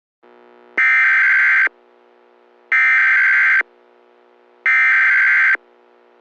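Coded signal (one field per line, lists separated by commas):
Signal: Emergency Alert System (SAME) tones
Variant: header bursts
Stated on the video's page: Fictional EAS scenario about climate change, not a real alert.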